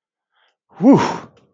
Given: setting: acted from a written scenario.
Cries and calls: vocal sound without words; relief

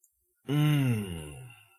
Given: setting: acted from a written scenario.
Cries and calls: vocal sound without words; contentment

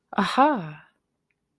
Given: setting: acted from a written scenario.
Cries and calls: vocal sound without words; interest

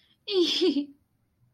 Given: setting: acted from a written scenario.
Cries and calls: vocal sound without words; pride

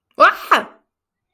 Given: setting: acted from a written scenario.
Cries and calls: vocal sound without words; fear

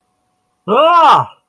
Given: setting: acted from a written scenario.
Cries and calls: vocal sound without words; negative surprise

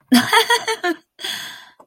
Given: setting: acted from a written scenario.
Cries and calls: vocal sound without words; positive surprise

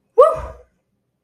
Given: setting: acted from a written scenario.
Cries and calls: vocal sound without words; triumph

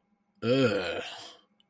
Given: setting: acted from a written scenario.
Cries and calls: vocal sound without words; disgust

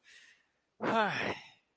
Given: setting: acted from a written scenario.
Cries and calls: vocal sound without words; ecstasy

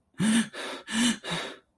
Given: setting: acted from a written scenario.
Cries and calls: vocal sound without words; distress

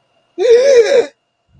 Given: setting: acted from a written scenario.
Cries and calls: vocal sound without words; fear

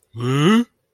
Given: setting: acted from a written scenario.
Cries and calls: vocal sound without words; contempt

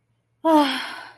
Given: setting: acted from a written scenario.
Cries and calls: vocal sound without words; ecstasy

